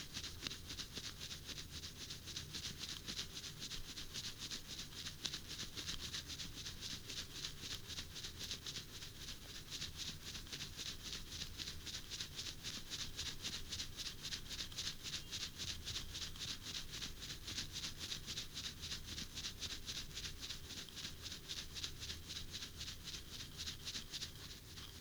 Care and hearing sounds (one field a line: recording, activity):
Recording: daily activity, guitar pickup as the sensor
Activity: brush teeth